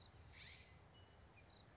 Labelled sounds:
California Scrub-Jay (Aphelocoma californica)
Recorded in Sonoma County, California

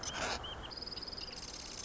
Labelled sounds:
Marsh Wren (Cistothorus palustris)
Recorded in Sonoma County, California

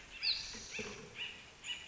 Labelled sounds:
Acorn Woodpecker (Melanerpes formicivorus)
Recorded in Sonoma County, California

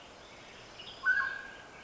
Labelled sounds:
Mountain Quail (Oreortyx pictus)
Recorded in Sonoma County, California

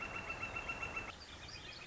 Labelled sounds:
Northern Flicker (Colaptes auratus)
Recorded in Sonoma County, California

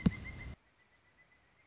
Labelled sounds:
Pileated Woodpecker (Dryocopus pileatus)
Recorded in Sonoma County, California

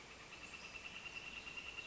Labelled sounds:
Northern Flicker (Colaptes auratus)
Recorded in Sonoma County, California

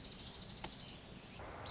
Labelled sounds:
Dark-eyed Junco (Junco hyemalis)
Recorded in Sonoma County, California

